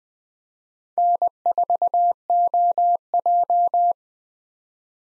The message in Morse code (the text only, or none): N4OJ